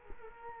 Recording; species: mosquito wingbeat signal from an infrared sensor; Culex quinquefasciatus